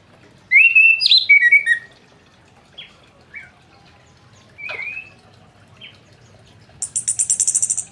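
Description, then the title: Orange-headed thrush song: a rich rapid phrase of whistles and warbles, then spaced short notes and a slurred whistle, ending with a fast high-pitched rattling trill. Singing bird, described as gacor ngeplong. "Anis Kembang Gacor Ngeplong Suara Burung"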